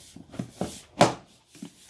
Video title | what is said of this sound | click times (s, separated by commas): Audi S3 Revo Carbon Fibre Intake and Turbo Muffler Install | And you'll hear it snap into place. There you go. | 1.0 s